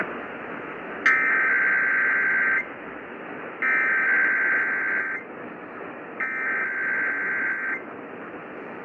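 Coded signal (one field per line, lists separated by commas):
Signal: Emergency Alert System (SAME) tones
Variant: header bursts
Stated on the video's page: Weekly test on a broadcast station.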